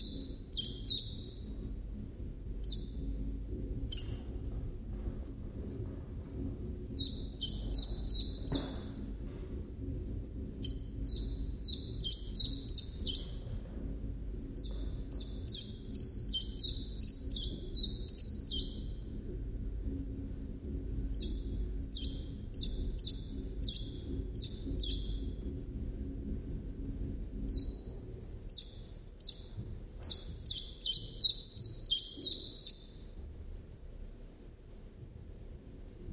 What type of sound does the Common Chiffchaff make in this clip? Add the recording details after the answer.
song. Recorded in captivity. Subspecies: collybita. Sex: male. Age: adult. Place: Zoologisches Institut Universität Tübingen, Baden-Württemberg, DE. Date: 1966-04-12 16:30. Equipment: Nagra III PH, MD 421, kleiner englischer Parabolspiegel, LGS26. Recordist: Schneider, Hans-Joachim. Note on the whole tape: Biesinger Straße Nr. 6, 1. Stock, Osteckzimmer. Gesänge eines Wildfangs (Männchen A), gefangen am 05.04.1966 bei Schornhof. Auch Aufnahmen vom 13. April um 8 Uhr 7. MaAs: M.Sch